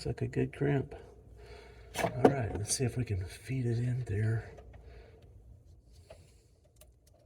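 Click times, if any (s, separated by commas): 6.8 s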